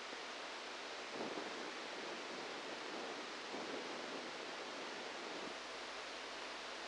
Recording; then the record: brain microelectrode recording played as sound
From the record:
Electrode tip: outside the subthalamic nucleus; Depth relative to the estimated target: -2 mm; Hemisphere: left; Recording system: NeuroSet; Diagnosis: Parkinson's disease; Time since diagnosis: 10 years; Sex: male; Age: 63 years